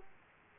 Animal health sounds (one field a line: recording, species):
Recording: mosquito wingbeat signal from an infrared sensor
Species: Aedes aegypti